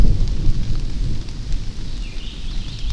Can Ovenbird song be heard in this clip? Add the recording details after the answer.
no. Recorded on 24 June 2016 at 07:49. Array SBT-6-76